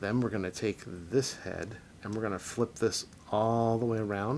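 Someone talks while handling the plastic head of a transforming robot figure, a Transformers Kingdom Maximal Grimlock / Autobot Mirage, getting ready to flip it all the way around into its joint on the torso. Only speech is heard, with no sharp sounds. Nothing has seated or snapped into place yet.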